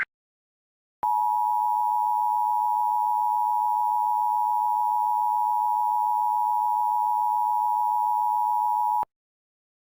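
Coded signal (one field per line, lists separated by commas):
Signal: Emergency Alert System (SAME) tones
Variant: 853 and 960 Hz attention tone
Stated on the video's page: Fictional Thanksgiving EAS scenario, not a real alert.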